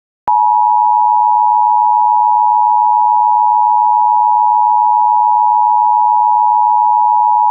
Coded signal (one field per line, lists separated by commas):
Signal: Emergency Alert System (SAME) tones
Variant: 853 and 960 Hz attention tone